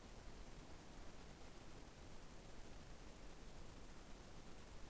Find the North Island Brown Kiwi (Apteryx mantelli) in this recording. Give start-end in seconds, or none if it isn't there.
none